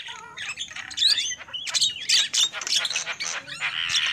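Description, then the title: Lovebird chatter: shrill, rapid squawks and high twittering notes in dense overlapping bursts, some with sharp rising and falling inflections. Lure call used for trapping birds. "PIKAT BURUNG LOVEBIRD"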